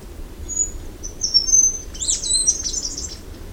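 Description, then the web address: Scaled flowerpiercer song: a few thin high whistles leading into a quick, jumbled, high-pitched twittering phrase, with a soft low hum underneath. "sound Scaled-flowerpiercer. دانلود-صدای-پرنده-گل-شکاف-پولکدار"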